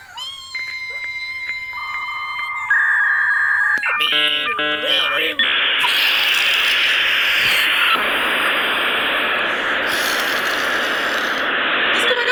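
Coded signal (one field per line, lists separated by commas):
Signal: dial-up modem handshake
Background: speech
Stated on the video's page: Dial-up modem sound imitated vocally by a human, not a real modem.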